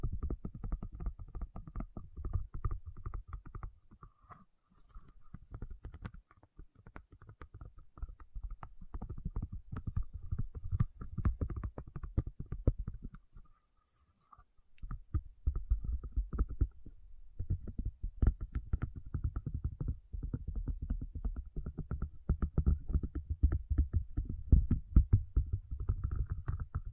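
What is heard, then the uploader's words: A tapping session with no talking: dense, fast, irregular taps and scratchy knocks, mostly low and thumping, with a faint steady tone underneath. The tapping pauses briefly around 5 seconds and falls silent from about 13 to 15 seconds before resuming steadily. Tapping Session (No Talking).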